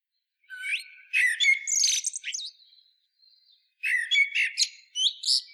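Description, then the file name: Common blackbird song: two phrases that each start with mellow fluty notes and break into shrill, squeaky chatter, with a brief quiet spell between them. "Turdus merula"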